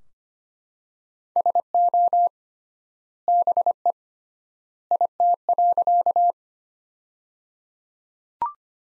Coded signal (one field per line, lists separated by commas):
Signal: Morse code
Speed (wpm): 25 wpm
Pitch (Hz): 700 Hz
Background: none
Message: SO BE IT.